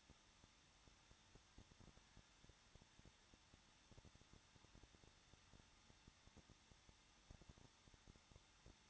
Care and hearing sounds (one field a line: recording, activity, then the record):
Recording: daily activity, microphone in the room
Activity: no activity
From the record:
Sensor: 3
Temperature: 21.2 degrees Celsius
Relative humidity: 36.4%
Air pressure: 1006.3 hPa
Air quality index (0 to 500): 223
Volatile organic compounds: 44 ppm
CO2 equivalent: 3206 ppm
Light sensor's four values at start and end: 2/3/2/2 and 2/3/2/2